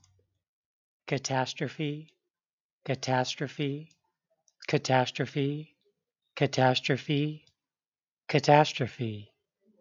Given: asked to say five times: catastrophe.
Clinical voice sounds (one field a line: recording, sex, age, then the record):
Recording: repeated word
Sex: male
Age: 40 to 49 years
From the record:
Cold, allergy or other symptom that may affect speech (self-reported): no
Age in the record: 44 years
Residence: New Mexico, United States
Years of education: 14